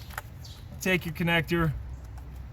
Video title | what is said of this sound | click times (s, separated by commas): 2012-2018 Cruze 1.4L GM EcoTec P0496 Purge Valve Diag/Replacement - Encore Sonic | Slide that in. Lock it back in, | 0.2 s